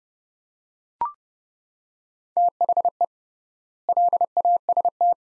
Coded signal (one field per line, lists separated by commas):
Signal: Morse code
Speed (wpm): 31 wpm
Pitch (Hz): 700 Hz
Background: none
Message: THE LAST